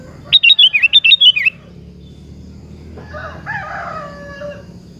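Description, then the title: Sooty-headed bulbul song: a rapid run of bubbly, warbling notes, then a softer, different call in the background. "Kutilang"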